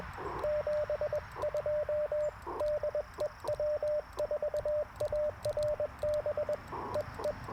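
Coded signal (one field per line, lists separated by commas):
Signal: Morse code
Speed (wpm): 21 wpm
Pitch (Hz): 600 Hz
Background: radio noise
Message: 72 DE W4ARB EE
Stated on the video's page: QRP CW Parks on the Air activation in early morning with Icom IC-705, Gabil GRA-7350T antenna, and Modern Morse Nameless key.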